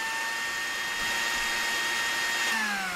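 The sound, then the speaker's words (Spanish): A blender whirs loudly and steadily for a few seconds, a high motor whine running over a broad grinding hiss, with the pitch sagging slightly toward the end. No voices. “Le damos vuelta a la licuadora para el segundo condimento de esta receta.”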